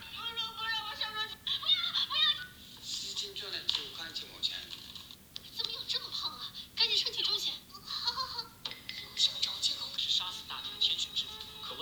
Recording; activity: daily activity, guitar pickup as the sensor; browse video